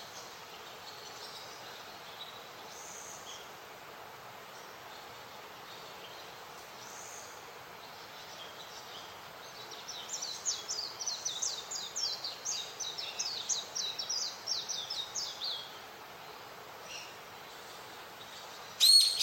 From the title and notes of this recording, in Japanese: 日本の山林で録音しました。沢山の鳥たちのさえずりが聞こえます。